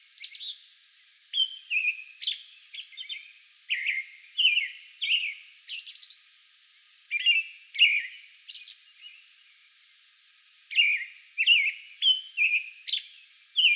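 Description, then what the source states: American robin song: clear whistled caroling phrases, slurred up and down, given in groups separated by short pauses, with a few thin high squeaky notes. Song bout recorded May 11.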